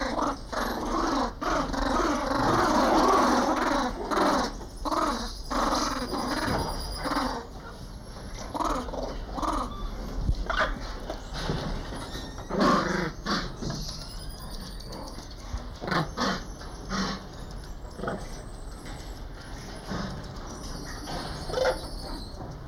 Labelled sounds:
Crab-eating Macaque call
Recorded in captivity
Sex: group
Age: diverse
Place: Primatenstation Kassel, Hessen, DE
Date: 1995-09-24 13:38
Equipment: Sony WM-D6C, Sennheiser ME 80, Kopie Uher 4000 Report Monitor
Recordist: Tembrock, Günter

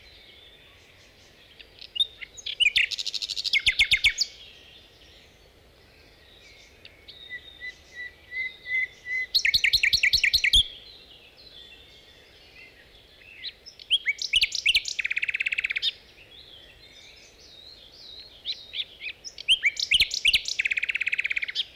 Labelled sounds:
Common Nightingale song
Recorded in the wild
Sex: male
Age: adult
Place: Dormagen, Nordrhein-Westfalen, DE
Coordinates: 51.08, 6.75
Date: 1986-05-24
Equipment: Sony WM-D6C, Parabolscheibe
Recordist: Skiba, Reinald

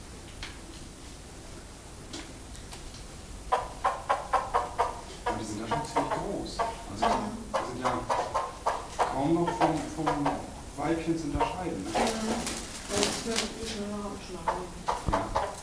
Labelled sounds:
Von Der Decken's Hornbill call
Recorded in captivity
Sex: group
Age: diverse
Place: Zoo Berlin, Berlin, DE
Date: 2000-08-29 13:27
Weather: heiter, 21°C
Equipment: Nagra SN, Kopie Uher 4000 Report Monitor
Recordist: Tembrock, Günter
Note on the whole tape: Männchen, Weibchen und drei dreiviertelwüchsige Jungtiere bei Filmaufnahmen im Käfig (nebst Pflegerin): Kurzlaute Junge, Weibchen und Männchen

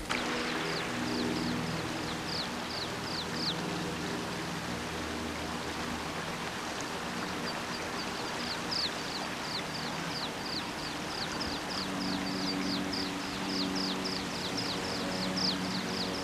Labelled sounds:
Water Pipit call
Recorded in the wild
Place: Grindelwald, Bern, CH
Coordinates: 46.6561, 8.05333
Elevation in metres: 2174
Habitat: mountains
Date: 1979-06-09
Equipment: Uher 4000 Report, Sennheiser MKH 815 T
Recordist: Tretzel, Erwin

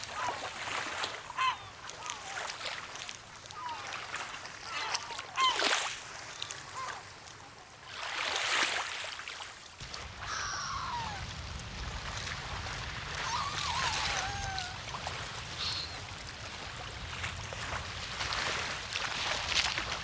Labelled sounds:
Black-headed Gull call
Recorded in the wild
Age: adult
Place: Stubbenfelde, Insel Usedom, Mecklenburg-Vorpommern, DE
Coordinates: 54.0286, 14.0319
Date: 1983-09-27 10:07
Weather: slightly sunny, hazy, mist, 13°C
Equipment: Nagra SN, Sennheiser MKH 416 T, Kopie Uher 4000 Report Monitor
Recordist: Tembrock, Günter

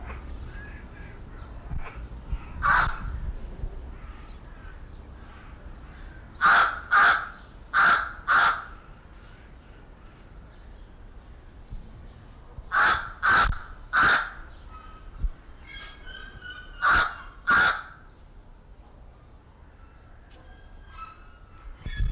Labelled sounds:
Pied Crow call
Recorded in captivity
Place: Zoo Berlin, Berlin, DE
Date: 1992-07-25 11:55
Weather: sonnig (heiter - schwül), 23-26°C
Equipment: Marantz CP 430, Sennheiser ME 80, Kopie Tesla B 116
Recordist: Tembrock, Günter

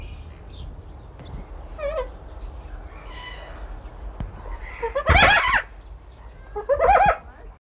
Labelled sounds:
Little Corella call
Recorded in captivity
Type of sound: call
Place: Zoo Rotterdam, NL
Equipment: Halbspur, 9,5 cm/s
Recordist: Lütgens, Hans
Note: Rufe

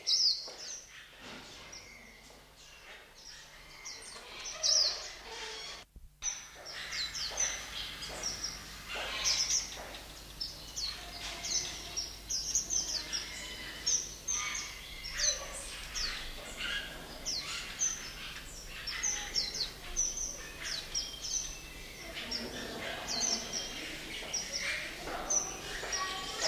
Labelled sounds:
Oriental White-eye call
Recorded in captivity
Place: Zoo Berlin, Berlin, DE
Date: 1988-05-28 11:02
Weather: sunny, warm and humid, 20-26°C
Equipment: 19 cm Stereo
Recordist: Tembrock, Günter

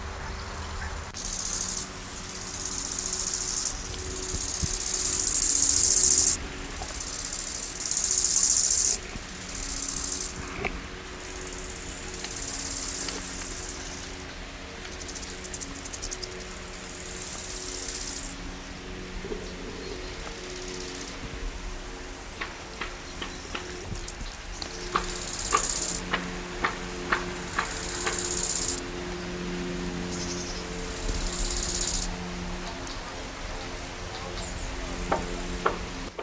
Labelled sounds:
Bow-winged Grasshopper stridulation
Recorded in the wild
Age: imago
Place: Lienen, Nordrhein-Westfalen, DE
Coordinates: 52.1625, 7.96528
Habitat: meadow, clearing
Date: 1991-09-12 10:47
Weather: sunny, 15-21°C
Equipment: Marantz CP 430, Kopie Tesla B 116
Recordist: Tembrock, Günter

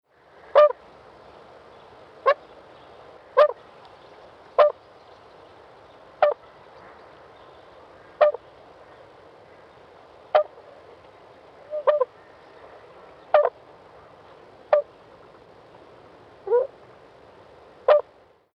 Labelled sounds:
Tundra Swan
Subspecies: bewickii
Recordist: Tembrock, Günter
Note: Kurzrufe

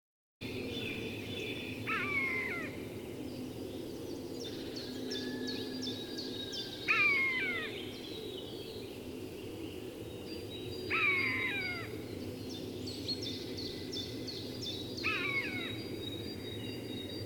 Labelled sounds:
Common Buzzard call
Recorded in the wild
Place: Parchtitz, Insel Rügen, Mecklenburg-Vorpommern, DE
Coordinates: 54.342, 13.555
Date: 1976-05-08 06:10
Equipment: Nagra III BH, Sennheiser MD 21, parabola
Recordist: Schubert, Michael
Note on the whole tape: Rufe Mäusebussard

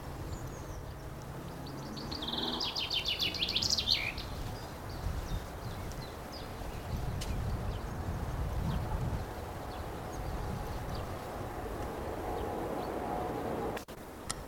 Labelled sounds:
Common Chaffinch
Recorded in the wild
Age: adult
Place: Friedhof Niederschönhausen III, Berlin, DE
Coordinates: 52.571, 13.386
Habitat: Stadtfriedhof
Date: 1992-04-17 10:26
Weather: heiter, 2-3°C
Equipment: Nagra SN, Mikrofon AKG CK 8, Kopie Tesla B 116
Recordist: Tembrock, Günter
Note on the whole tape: Friedhof III; Gesang, etwa 17 Strophen (1 Tier); zuletzt sehr gut; bis 10.40 Uhr

